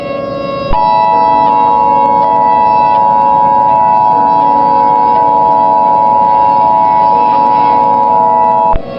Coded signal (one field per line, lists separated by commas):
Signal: Emergency Alert System (SAME) tones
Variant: 853 and 960 Hz attention tone